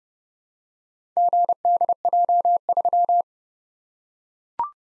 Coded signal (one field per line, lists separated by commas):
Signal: Morse code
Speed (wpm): 30 wpm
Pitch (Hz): 700 Hz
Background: none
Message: GDJ3